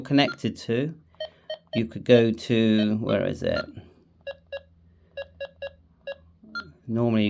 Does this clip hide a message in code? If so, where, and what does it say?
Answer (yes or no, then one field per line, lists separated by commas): no